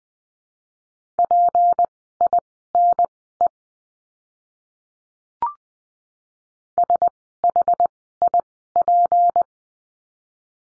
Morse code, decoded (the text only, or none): PINE SHIP